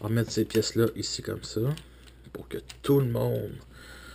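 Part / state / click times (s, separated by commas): plastic toy parts into a toy vehicle body / not seated / none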